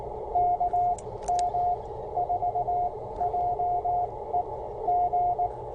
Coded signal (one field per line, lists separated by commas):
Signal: Morse code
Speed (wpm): 17 wpm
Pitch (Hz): 700 Hz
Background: radio noise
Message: KM4JEG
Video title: CW Key Failure during POTA!!! Thank goodness for spares